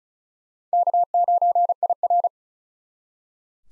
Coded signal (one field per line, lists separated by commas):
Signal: Morse code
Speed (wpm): 36 wpm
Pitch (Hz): 700 Hz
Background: none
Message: K9IR